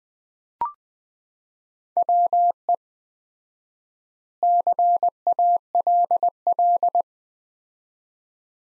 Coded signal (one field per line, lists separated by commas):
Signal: Morse code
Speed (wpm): 20 wpm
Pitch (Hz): 700 Hz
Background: none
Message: WE CALL